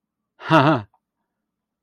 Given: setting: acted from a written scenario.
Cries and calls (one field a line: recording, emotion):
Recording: vocal sound without words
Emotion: positive surprise